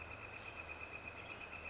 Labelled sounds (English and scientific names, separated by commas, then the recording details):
Northern Flicker (Colaptes auratus)
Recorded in Sonoma County, California